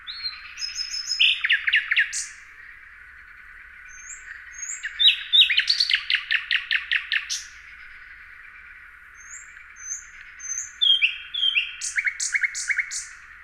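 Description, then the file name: Common nightingale singing varied phrases, high thin whistles, rapid repeated clicking notes and rich trills, separated by short pauses. "Luscinia megarhynchos"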